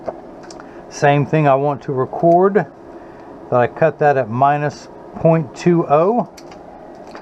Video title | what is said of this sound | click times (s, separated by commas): John's RayBan 2132 w Rx Zeiss Progressive PhotoFusion Brown Lenses w DuraVision Chrome Anti Glare | tuck it in at the outside corner first push down the nose it snaps right in | 0.1 s